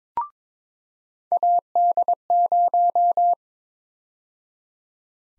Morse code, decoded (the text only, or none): AD0